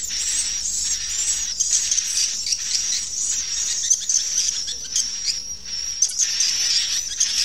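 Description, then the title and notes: Swiftlet calls: a dense, unbroken wash of high-pitched chirping and twittering, with sharp clicks scattered through and no real pauses. Swiftlet sound used in swiftlet bird farming in Asia. "Swiflet Bird Sound. Farming Swiflet Bird asia sound"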